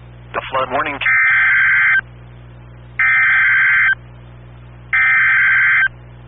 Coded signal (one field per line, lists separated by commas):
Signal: Emergency Alert System (SAME) tones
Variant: header bursts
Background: speech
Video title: (EAS #126) KEC95 Tornado Warning